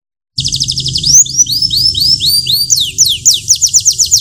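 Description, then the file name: Canary song opening with a fast trill, moving into slower, swooping whistled notes, then quickening again into rapid repeated chirps. Large standard canary, singing with two-minute pauses. "audio kenari standar besar lemonthy jeda 2 menit"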